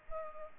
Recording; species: mosquito wingbeat signal from an infrared sensor; Culex pipiens